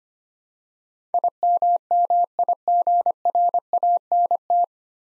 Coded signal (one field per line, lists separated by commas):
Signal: Morse code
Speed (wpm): 25 wpm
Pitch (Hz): 700 Hz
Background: none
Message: IMMIGRANT